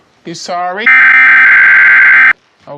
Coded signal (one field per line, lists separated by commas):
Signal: Emergency Alert System (SAME) tones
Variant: header bursts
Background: speech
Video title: autitistc kid outburst but when ever he says anything it's emergency broadcast system noises